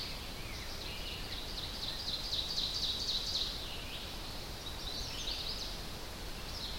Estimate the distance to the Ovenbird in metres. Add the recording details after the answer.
about 65 m. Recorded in boreal forest in Alberta, Canada, on 10 June 2016 at 07:24. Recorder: SongMeter 3, array SBT-3-39. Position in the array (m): 102 m, 208 m. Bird 18